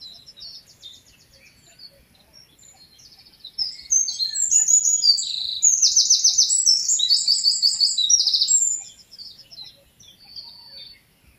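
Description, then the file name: Eurasian wren singing a fast, energetic strophe of high trills and rattling phrases for about five seconds, framed by quieter thin chirps before and after. "Troglodytes troglodytes"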